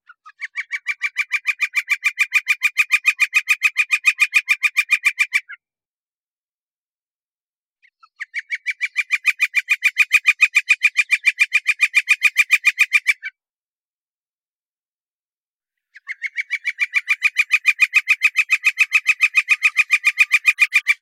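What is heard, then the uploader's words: A Red-shafted Northern Flicker gives its long, rapid "ki-ki-ki-ki" call three times, each run lasting about five seconds with near-silent pauses of two to three seconds between. The notes are steady, evenly spaced and bright, with no other sounds behind them. Red-Shafted Northern Flicker - Colaptes Auratus - Calls - Kikikiki. They make a back yard sound like a jungle. They pretty choose only the highest spots -- generally the tops of cedar trees -- around to call from.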